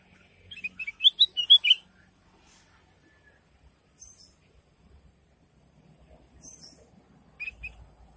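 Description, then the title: Sooty-headed bulbul song: one short phrase of bubbly chirps at the start, then near silence with faint high ticks and a brief chirp at the end. "Suara Burung Kutilang"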